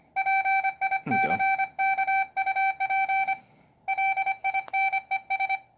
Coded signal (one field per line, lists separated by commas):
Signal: Morse code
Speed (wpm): 25 wpm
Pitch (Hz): 780 Hz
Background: none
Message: PICKUP LINES